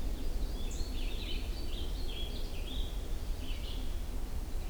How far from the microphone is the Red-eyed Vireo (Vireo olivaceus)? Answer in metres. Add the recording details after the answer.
about 90 m. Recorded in boreal forest in Alberta, Canada, on 21 June 2016 at 07:18. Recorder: SongMeter 3, array SBT-6-81. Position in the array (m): 53 m, 268 m